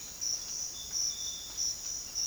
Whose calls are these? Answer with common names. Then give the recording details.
none. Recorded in dense forest near Puerto Asís, Putumayo, Colombia, on 19 February 2024 at 07:00. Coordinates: 0.481, -76.318. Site G6421